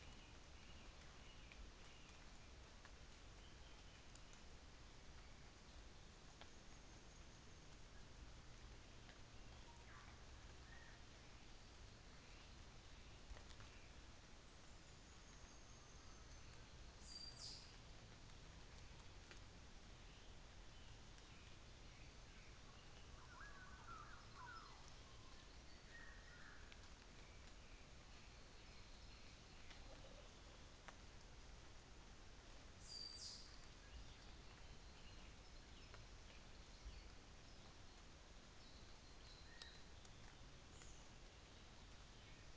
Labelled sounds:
North Island Saddleback (Philesturnus rufusater), New Zealand Fantail (Rhipidura fuliginosa)
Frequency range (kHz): New Zealand Fantail (Rhipidura fuliginosa) 5.8-7.9 kHz
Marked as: faintness 5/5
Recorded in New Zealand on 24 December 2018
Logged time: 10:15

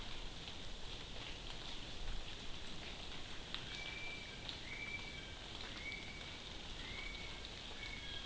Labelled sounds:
North Island Brown Kiwi (Apteryx mantelli) male call
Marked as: faintness 3/5
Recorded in New Zealand on 12 June 2014
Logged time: 02:19

